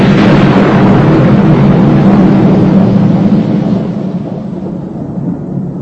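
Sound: thunder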